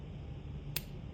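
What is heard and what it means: A prepared optical fiber is laid into an SC/APC field-assembly optical connector and pressed down over a steady low background. It clicks into place with a single short, sharp, bright click at 0.8 s, and the fiber is seated.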